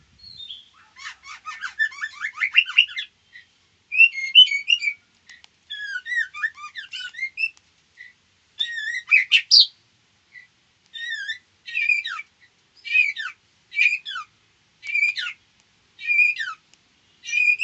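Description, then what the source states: White-rumped shama giving rapid bursts of chirps and clear whistled notes, the phrases growing more regular toward the end. Female.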